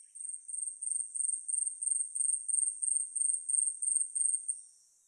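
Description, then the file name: Asian stubtail singing a very high, thin, insect-like series of even pulses that grow louder, then stop. Recorded at Yahaba on 8 May 2010. "yabusame 100508 yahaba mikami"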